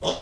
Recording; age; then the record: pig call; piglet (1 to 25 days)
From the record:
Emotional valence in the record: negative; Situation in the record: restrain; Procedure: in the arms of a person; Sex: male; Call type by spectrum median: low-frequency call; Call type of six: low-frequency tonal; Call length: 0.22 s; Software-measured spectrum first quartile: 537 Hz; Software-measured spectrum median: 1261 Hz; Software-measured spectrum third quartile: 3637 Hz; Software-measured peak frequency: 557 Hz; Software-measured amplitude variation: 155 dB a second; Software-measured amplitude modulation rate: 6.8 a second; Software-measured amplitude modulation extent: 22.7 dB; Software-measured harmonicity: 1.6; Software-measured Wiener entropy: -2.28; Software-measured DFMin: 1552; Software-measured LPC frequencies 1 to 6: 559, 946, 3069, 3395, 5441, 6137 Hz